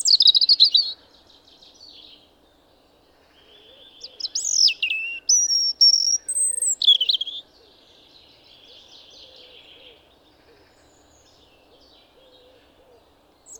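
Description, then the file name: European robin song: a brief high burst at the start, then a longer phrase of thin descending whistles, trills and sharp high notes, with faint bird twitters between phrases. "Erithacus rubecula"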